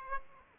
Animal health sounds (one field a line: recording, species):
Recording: mosquito wingbeat signal from an infrared sensor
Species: Aedes aegypti